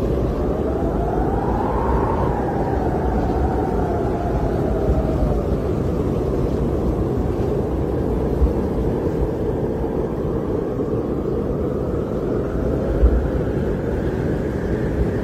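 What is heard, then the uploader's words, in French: Polar wind in Antarctica roars in a steady, dense rush, heavy in the low end with a deep rumble underneath. A higher, whistling tone rises and falls in the first few seconds, and a brief gust thumps near the thirteenth second. Tempête polaire Antarctique. Le souffle du vent polaire en Antarctique. Le vent polaire, avec sa force puissante et constante, crée un bruit enveloppant et hypnotisant.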